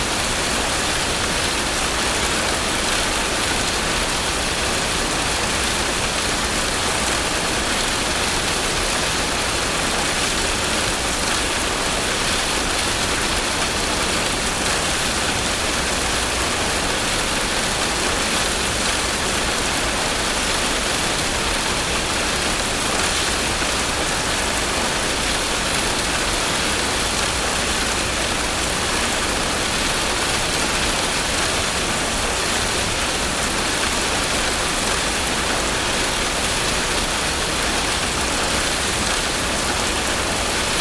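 Gentle rain patters steadily on the windows of a moving vehicle, a dense, even hiss that never changes over the whole stretch. Beneath it runs a soft low rumble from the ride, with no distinct drops or events standing out.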